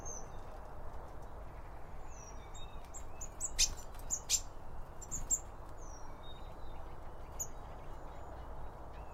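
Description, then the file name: Birds giving high chirps and short whistled notes in quick scattered series, with a few sharp clicks near the middle and a constant low background hum. Birds around a bird feeder, recorded with two Line Audio OM1 microphones. "Birds Around Birdfeeding With Two Om 1 From Line Audio"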